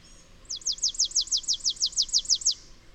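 Bird singing a rapid run of many high, descending slurred notes at a steady rhythm, then stopping, over quiet background hiss.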